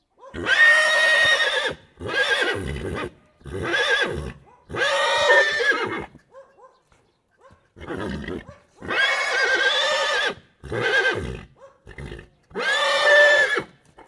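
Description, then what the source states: Horse neighing loudly in long, harsh, rasping bursts of one to two seconds each, repeated in quick succession with short pauses and faint softer sounds between. Stallion neighing excitedly in a farmyard.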